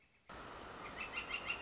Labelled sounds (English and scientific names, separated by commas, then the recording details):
Northern Flicker (Colaptes auratus)
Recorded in Sonoma County, California